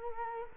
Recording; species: mosquito wingbeat signal from an infrared sensor; Culex quinquefasciatus